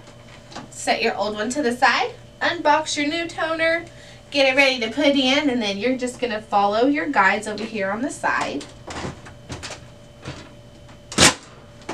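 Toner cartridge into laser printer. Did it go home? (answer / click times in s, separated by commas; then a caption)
yes / 11.1 s. A new toner cartridge for an HP LaserJet P2015 laser printer, a 53A cartridge, is slid along the side guides into the printer while someone talks. A sharp click at 11.1 s marks the cartridge seating into place.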